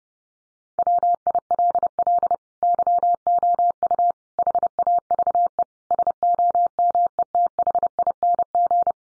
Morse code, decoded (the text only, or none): WILL YOU HAVE SOMETHING